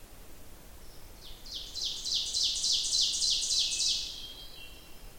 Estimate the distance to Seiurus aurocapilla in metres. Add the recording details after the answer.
about 30 m. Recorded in boreal forest in Alberta, Canada, on 27 June 2016 at 05:46. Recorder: SongMeter 3, array SBT-6-79. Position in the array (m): 283 m, 40 m. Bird 39